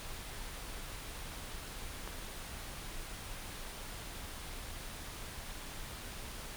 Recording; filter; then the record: brain microelectrode recording played as sound; wide band, above 20 Hz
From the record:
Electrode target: subthalamic nucleus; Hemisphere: right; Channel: 1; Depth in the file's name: 5.102 mm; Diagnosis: Parkinson's disease